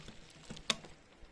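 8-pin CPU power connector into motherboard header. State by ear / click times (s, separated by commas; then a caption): seated / 0.7 s. A plastic 8-pin CPU power connector is pushed down onto the motherboard header until its clip latches over the notch. After a faint tap at 0.6 s, a sharp, bright click lands at 0.7 s, and the connector is seated and locked in place.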